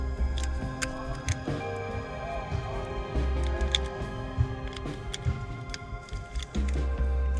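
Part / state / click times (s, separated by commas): push start button kit component clipping into its mount in the car / not seated / none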